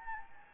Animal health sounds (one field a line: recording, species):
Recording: mosquito wingbeat signal from an infrared sensor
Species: Anopheles gambiae